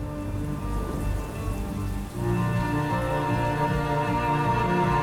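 Steady rain pours down in a dense, continuous hiss, swelling a little fuller after about two seconds, with low sustained tones humming faintly underneath and no voices.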